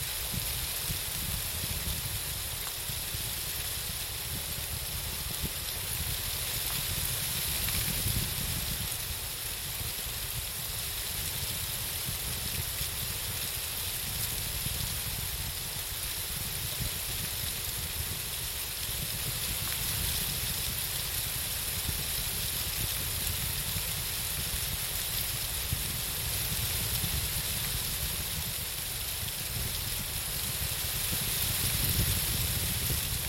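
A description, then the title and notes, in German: Leaves flutter steadily by a lake, a dense, even rustle like light rain that barely changes over the half minute. Beneath it runs a low, uneven wind rumble with soft gusts, and a thin bright hiss sits high above. Flatternde Blätter am Brombachsee.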